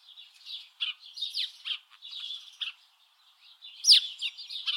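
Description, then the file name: House sparrow chirps, scattered harsh notes with a brief gap, then a louder falling chirp followed by more chatter. "Passer domesticus"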